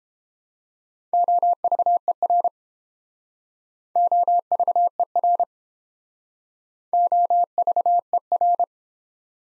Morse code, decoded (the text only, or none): OVER OVER OVER